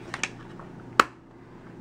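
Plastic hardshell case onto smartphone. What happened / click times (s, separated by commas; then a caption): The hardshell case snapped onto the phone / 1.0 s. A plastic herringbone hardshell case is pressed onto a black iPhone 5 smartphone, with small taps at 0.1, 0.2 and 0.6 s before a loud, sharp snap at 1.0 s. The case seats at that moment, but it was hard to snap into place and still doesn't look tight, so it may not be fully seated.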